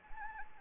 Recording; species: mosquito wingbeat signal from an infrared sensor; Anopheles arabiensis